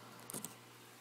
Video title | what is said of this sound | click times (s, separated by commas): Changing LightBulb And More! | so I twisted it and now it's in place you want to twist it until it like sort of Pops a little bit see | 0.3 s, 0.5 s